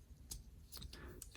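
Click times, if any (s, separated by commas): none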